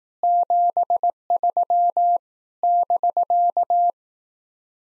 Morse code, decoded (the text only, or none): 73 <BK>